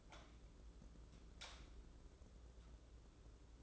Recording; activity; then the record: daily activity, microphone in the room; light on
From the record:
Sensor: 3